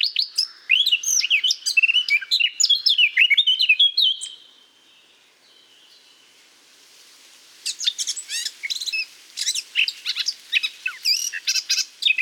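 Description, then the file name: Eurasian blackcap giving a fast, twittering warble, falling quiet for about three seconds midway, then resuming with sharper, clicking chatter. "Sylvia atricapilla"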